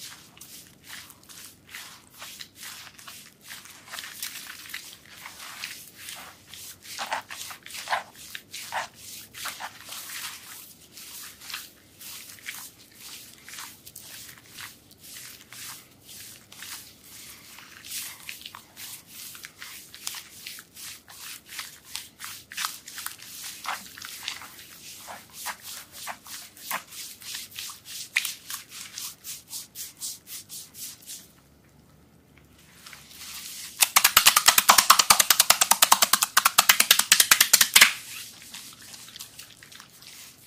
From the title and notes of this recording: ASMR soap massage with relaxing sounds.